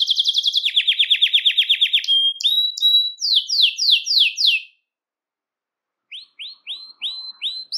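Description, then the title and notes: Belgian canary singing a fast, high trill, then a run of downward-slurred whistled notes, a short silence, and a fresh series of rising notes. "Canario Belga, nyonyastudio"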